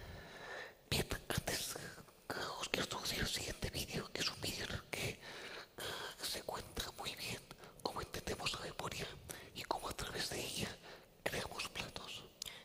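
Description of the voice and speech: An adult man speaks Spanish almost entirely in a whisper, with no clear voiced tone, in short fluent phrases separated by brief pauses. This near-whispered voice comes from laryngeal dystonia, a neurological condition in which involuntary spasms of the larynx prevent normal voicing.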